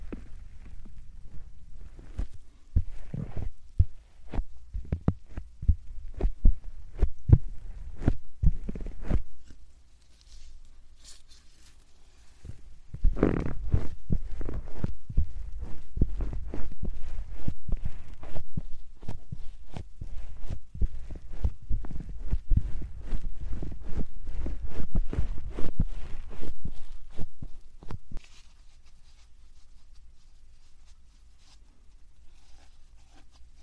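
Soft puffs of air come in quick, irregular bursts of short low thumps, busy for the first ten seconds, then pausing briefly. A denser, steadier run of puffs follows from about thirteen to twenty-eight seconds before fading to a quiet low rumble.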